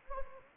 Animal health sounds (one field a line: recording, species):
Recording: mosquito wingbeat signal from an infrared sensor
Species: Anopheles gambiae